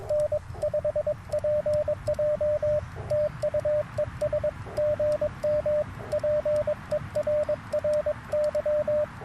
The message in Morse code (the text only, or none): N5PJ TU ES GM PERRY